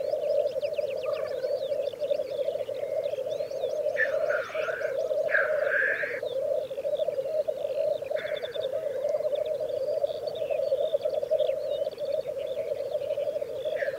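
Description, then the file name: Black grouse lek chorus: a continuous low rolling bubbling hum, broken by loud hissing sneeze-like calls around four to six seconds and again near eight, with small birds chirping high above. "orre"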